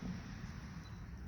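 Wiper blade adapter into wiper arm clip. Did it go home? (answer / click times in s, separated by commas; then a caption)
no / none. A new AutoZone-brand wiper blade with its plastic adapter is pushed onto the metal wiper-arm clip of a 2017 Lincoln MKC, against a steady low rumble with faint handling noise and a brief sharp sound at the very end, around 1.3 seconds. The adapter fails to snap into the clip, and nothing has seated or clicked yet.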